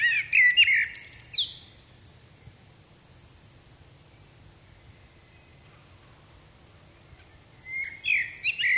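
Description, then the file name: Common blackbird song: a short fluty phrase with a squeaky ending, a long silence, then another phrase starts. "Turdus merula"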